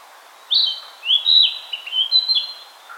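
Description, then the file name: Narcissus flycatcher singing a single quick phrase of bright whistles that jump between higher and lower pitches, ending in a soft low note. "Ficedula narcissina"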